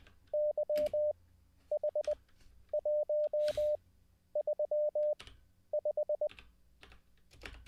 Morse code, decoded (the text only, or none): YH135